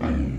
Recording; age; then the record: pig call; growing-finishing pig (85 days or more)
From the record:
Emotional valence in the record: negative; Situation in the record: barren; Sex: female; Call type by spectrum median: low-frequency call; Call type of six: low-frequency stable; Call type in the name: low-frequency stable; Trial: 1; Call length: 0.39 s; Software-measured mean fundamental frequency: 44 Hz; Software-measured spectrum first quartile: 97 Hz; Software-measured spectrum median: 214 Hz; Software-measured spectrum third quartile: 399 Hz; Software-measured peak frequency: 249 Hz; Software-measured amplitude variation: 88 dB a second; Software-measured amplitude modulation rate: 28.5 a second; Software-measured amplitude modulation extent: 3.1 dB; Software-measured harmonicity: -3.0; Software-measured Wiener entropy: -0.69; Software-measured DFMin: 678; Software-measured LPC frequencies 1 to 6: 1175, 1867, 3282, 4914, 6493, 7317 Hz